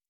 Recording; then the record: hydrophone in a shrimp aquaculture tank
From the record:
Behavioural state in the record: normal